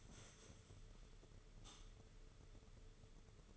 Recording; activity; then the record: daily activity, microphone in the room; stand up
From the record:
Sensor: 4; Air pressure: 995.3 hPa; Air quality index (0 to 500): 216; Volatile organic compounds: 257 ppm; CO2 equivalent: 4379 ppm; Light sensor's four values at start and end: 18/46/18/21 and 18/46/18/21